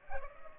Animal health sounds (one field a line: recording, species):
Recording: mosquito wingbeat signal from an infrared sensor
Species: Culex pipiens